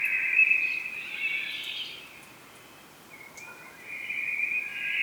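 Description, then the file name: Common blackbird, a steady warbled phrase for about two seconds, a brief quiet gap, then a second warbled phrase, over hiss. "Turdus merula"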